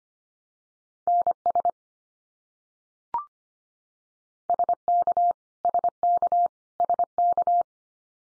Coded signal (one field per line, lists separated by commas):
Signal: Morse code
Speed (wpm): 25 wpm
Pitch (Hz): 700 Hz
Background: none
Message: NS SK SK SK